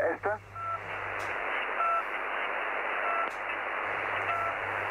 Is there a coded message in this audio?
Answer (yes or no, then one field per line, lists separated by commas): no